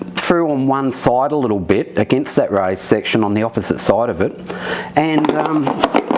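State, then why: Not seated. Someone talks while pushing a removable plastic bowl insert back into the base opening of a portable camping toilet, pressing one side against the raised section because it previously would not click back in. A brief sharp sound comes at the very end at 6.2 s, but the insert has not seated or clicked into place yet.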